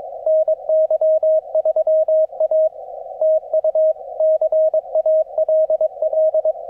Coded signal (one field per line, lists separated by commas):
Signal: Morse code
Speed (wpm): 23 wpm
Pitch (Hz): 630 Hz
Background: none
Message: NY3A TU CALL